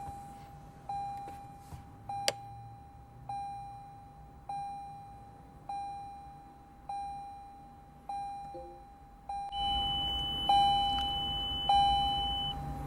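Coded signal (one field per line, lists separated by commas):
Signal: beep code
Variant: Beat-Sonic bypass module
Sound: repeated soft chimes about once a second, then one long high steady beep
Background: car warning chimes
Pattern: 1 long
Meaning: The module is in setup mode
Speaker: Okay, that very long beep means that we're in the setup mode.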